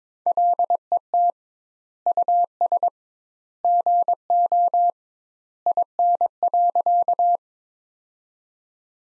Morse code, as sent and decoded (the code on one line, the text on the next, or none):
.-.. . - / ..- ... / --. --- / .. -. .-.-.-
LET US GO IN.